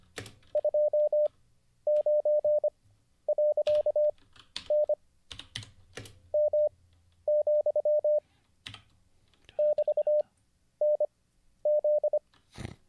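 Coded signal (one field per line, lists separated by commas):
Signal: Morse code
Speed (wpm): 25 wpm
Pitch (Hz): 600 Hz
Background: none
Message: 29.N M, <BT>NZ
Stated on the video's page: Livestreamed Morse code (CW) learning lesson.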